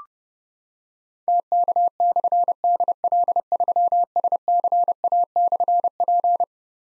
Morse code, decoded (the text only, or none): TK/DL3SCA/P